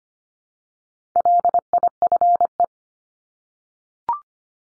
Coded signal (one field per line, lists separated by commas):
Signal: Morse code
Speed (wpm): 25 wpm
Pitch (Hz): 700 Hz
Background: none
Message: LIFE